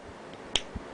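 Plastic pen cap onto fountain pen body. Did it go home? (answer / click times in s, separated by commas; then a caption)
yes / 0.6 s. A plastic cap with a purple accent on top and a clip is pushed onto the body of a Platinum Preppy fountain pen and snaps home with one sharp, bright click at 0.6 s. A softer low thump follows at about 0.8 s over a faint steady background. The cap is seated.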